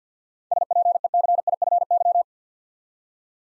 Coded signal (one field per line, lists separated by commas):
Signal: Morse code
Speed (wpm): 47 wpm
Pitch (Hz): 700 Hz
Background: none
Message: SPECIFY